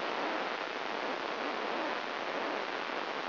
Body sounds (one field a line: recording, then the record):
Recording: brain microelectrode recording played as sound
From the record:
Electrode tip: inside the subthalamic nucleus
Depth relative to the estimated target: 3 mm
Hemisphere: right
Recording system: AlphaMap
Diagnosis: Parkinson's disease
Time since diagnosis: 7 years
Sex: female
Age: 49 years